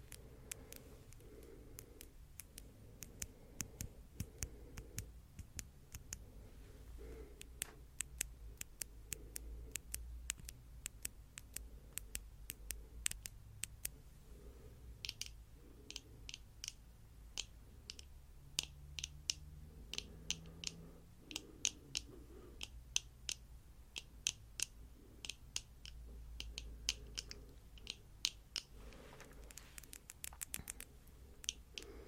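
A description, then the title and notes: Quick, sharp nail taps click rapidly and irregularly throughout, bright, over a soft low brushing rumble that swells and fades. ASMR Nail Tapping & Fluffy Mic Brushing.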